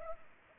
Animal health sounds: mosquito wingbeat signal from an infrared sensor; Anopheles arabiensis

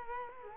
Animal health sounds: mosquito wingbeat signal from an infrared sensor; Culex quinquefasciatus

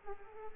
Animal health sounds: mosquito wingbeat signal from an infrared sensor; Culex pipiens

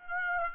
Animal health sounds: mosquito wingbeat signal from an infrared sensor; Aedes aegypti

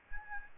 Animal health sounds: mosquito wingbeat signal from an infrared sensor; Aedes albopictus

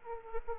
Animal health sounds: mosquito wingbeat signal from an infrared sensor; Aedes aegypti

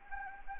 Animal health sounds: mosquito wingbeat signal from an infrared sensor; Anopheles gambiae

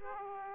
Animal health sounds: mosquito wingbeat signal from an infrared sensor; Aedes aegypti

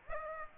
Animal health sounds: mosquito wingbeat signal from an infrared sensor; Aedes aegypti

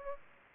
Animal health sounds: mosquito wingbeat signal from an infrared sensor; Aedes aegypti

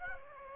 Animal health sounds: mosquito wingbeat signal from an infrared sensor; Aedes aegypti

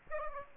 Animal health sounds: mosquito wingbeat signal from an infrared sensor; Aedes aegypti

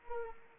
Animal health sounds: mosquito wingbeat signal from an infrared sensor; Anopheles arabiensis

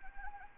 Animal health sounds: mosquito wingbeat signal from an infrared sensor; Anopheles arabiensis

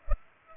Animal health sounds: mosquito wingbeat signal from an infrared sensor; Culex pipiens

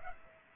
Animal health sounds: mosquito wingbeat signal from an infrared sensor; Aedes aegypti

